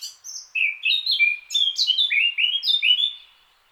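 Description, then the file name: Eurasian blackcap song: a run of clear, fluting whistled notes, rising and falling in quick succession, loud and rich against a silent background. "Sylvia atricapilla"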